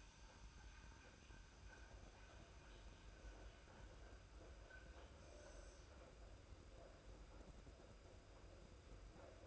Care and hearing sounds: daily activity, microphone in the room; make coffee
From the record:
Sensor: 2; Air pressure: 991.6 hPa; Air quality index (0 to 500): 187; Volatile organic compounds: 1000 ppm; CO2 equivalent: 6107 ppm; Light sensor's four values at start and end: 31/95/37/35 and 31/95/37/35

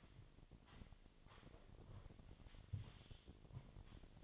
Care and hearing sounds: daily activity, microphone in the room; sweep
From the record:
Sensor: 4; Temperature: 28.5 degrees Celsius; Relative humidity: 34.1%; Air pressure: 1007.8 hPa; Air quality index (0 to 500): 192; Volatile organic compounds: 6 ppm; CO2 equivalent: 1922 ppm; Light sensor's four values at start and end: 23/73/28/27 and 23/73/28/27

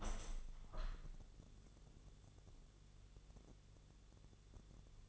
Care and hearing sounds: daily activity, microphone in the room; open window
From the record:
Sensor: 4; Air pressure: 1001.2 hPa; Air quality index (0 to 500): 166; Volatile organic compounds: 2 ppm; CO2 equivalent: 1197 ppm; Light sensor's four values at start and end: 12/29/12/12 and 13/29/12/12

